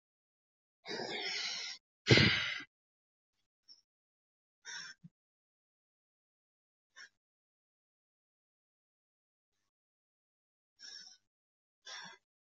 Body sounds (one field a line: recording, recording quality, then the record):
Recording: deep breathing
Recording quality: moderate, slight background noise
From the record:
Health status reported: healthy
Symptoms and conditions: none ticked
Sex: male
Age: 22 years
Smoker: not ticked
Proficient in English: yes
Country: India